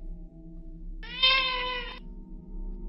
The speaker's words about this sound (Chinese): 就在这个时候，一声类似好像猫的叫声将我叫醒了。